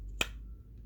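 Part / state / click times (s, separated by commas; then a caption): plastic model car rear wheel onto body / seated / 0.2 s. A plastic rear wheel from a model car kit is pushed onto the other side of the car body. A single sharp snap is heard at 0.2 s as the wheel seats into place, followed by quiet background. No one talks.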